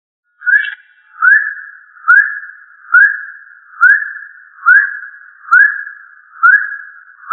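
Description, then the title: Rail calling, a clear upslurred whistled note repeated steadily, roughly every 0.85 seconds, in an otherwise quiet background. "LuckyFamilia RallidaeFrangoSama"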